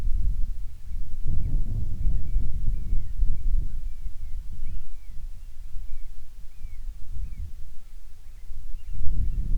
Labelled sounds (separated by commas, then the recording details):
bird, wind
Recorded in the Arctic National Wildlife Refuge, Alaska, on 10 July 2019 at 17:49
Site 44